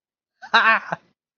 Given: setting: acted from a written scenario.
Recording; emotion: vocal sound without words; amusement